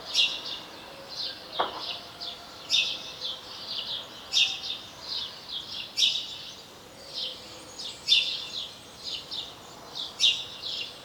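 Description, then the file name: House sparrow calling in sharp chirps with softer chatter between them, a loud note roughly every two seconds and a brief knock early on. "Passer domesticus"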